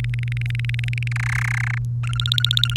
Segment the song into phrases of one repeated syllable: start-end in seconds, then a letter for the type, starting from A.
0.04-1.08 A, 1.11-1.78 B, 2.03-2.77 C